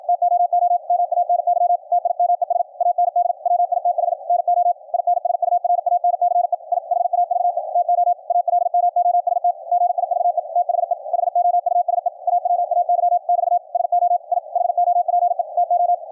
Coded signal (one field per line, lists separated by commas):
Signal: Morse code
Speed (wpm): 54 wpm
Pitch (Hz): 700 Hz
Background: radio noise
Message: TOO MANY TIMES AND WITH NO INSURANCE I HAVE TO ALMOST GIVE THE HOUSE AWAY <BT> SO I HOPE TO